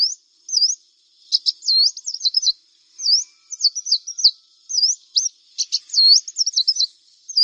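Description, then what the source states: Brown-throated Sunbird singing high, wiry phrases of quick up-and-down notes mixed with sharp clicks, delivered in bursts separated by brief gaps. Vigorously singing bird (described as 'gacor'), called 'kolibri kelapa'.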